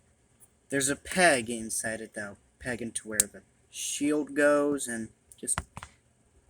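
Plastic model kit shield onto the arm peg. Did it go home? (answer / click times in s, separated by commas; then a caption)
yes / 5.8 s. Someone talks while a plastic shield on an HG Gundam 00 Raiser model kit is pressed onto a peg inside the forearm part. A single sharp click is heard at 5.8 seconds as the shield snaps into place, seated on the peg.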